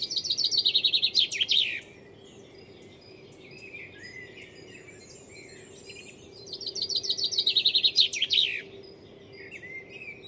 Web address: cianscape birddata Deverinetal 2025 File origin Bird Only